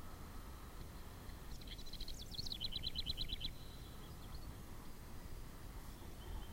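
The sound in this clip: House wren song: a bubbly burst of jumbled notes falling into a fast, even trill of about one second, with steady low rumbling noise underneath.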